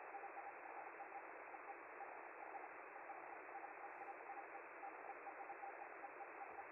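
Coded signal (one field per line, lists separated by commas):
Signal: Hellschreiber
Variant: Feld-Hell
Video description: With the FLDigi program I'm quickly sending a short message on the 10m band and receive it locally with a KiwiSDR receiver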